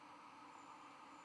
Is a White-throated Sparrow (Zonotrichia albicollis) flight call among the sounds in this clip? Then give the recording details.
no. No flight call is heard. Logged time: 01:53 on 12 November 2014